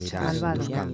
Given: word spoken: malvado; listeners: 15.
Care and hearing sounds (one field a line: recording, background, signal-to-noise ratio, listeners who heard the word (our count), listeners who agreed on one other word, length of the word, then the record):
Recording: one Spanish word in noise, from a listening test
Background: four-talker babble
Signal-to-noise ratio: 0.3 dB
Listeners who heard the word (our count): 3 of 15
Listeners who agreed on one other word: 7 of 15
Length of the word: 0.54 s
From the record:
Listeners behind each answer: 7, 3, 1, 1, 1, 1, 1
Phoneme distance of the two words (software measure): 10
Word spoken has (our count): 3 syllables, 7 phonemes, stress on syllable 2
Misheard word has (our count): 3 syllables, 7 phonemes, stress on syllable 2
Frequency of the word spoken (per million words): 2.54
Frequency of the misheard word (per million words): 9.78